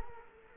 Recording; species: mosquito wingbeat signal from an infrared sensor; Culex quinquefasciatus